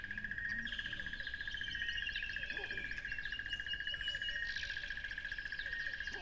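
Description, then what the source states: Cricket chirping in a steady, fast-pulsed high trill that runs without a break, while many birds twitter and whistle over it. Crickets recorded beside a lively tropical river.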